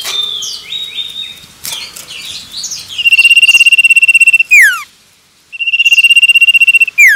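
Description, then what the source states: Common iora song: two extended level trills, each ending with a sharp descending note, preceded by varied twittering notes. Male.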